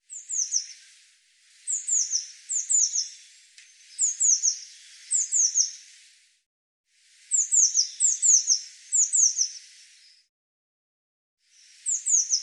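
Eurasian blue tit giving rapid runs of sharp, very high downslurred notes in repeated short phrases, broken by brief gaps of silence.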